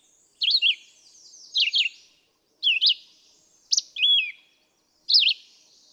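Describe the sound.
Red-eyed vireo: a handful of clipped whistled phrases with quick zigzag slurs, about one per second, with short pauses between them.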